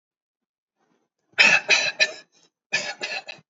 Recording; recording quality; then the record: shallow voluntary cough; excellent, no background noise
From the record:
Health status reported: healthy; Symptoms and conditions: none ticked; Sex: male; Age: 25 years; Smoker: not ticked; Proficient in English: yes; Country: India